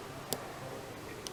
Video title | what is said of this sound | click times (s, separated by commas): gopro hero 4 3+ freeze fix | I heard that click same | 0.3 s